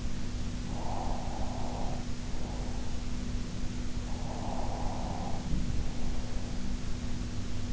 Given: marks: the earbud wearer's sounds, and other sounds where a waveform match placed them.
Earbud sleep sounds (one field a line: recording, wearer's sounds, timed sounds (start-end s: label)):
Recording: sounds in sleep by an in-ear microphone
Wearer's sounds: breath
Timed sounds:
0.78-3.04 s: breath
4.21-6.73 s: breath